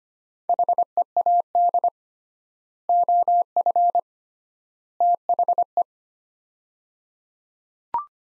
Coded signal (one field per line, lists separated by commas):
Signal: Morse code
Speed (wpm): 25 wpm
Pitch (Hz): 700 Hz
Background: none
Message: HEAD OF THE